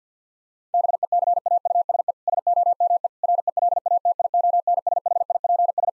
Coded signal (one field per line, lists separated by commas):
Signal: Morse code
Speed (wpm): 50 wpm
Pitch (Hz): 700 Hz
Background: none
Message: BECAUSE SOME RELATIONSHIPS